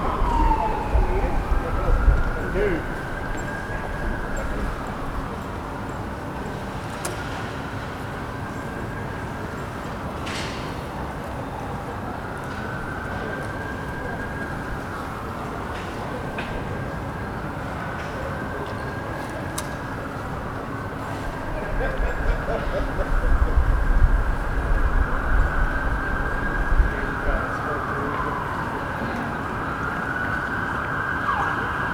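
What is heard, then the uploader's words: A town high street in the early morning, with an emergency siren wailing steadily throughout over low traffic rumble and occasional sharp clanks. High Street wakes up. Captured early in the morning as a High Street market is being set up. It is a cool morning, the ground is wet. People are beginning to enter the centre of the city, going to jobs and cafes.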